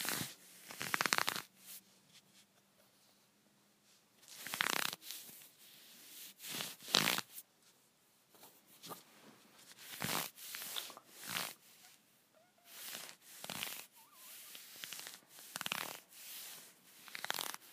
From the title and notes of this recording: ASMR Scratchy Leggings.